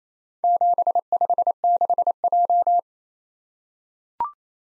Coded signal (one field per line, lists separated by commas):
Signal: Morse code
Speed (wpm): 27 wpm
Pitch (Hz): 700 Hz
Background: none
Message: 756J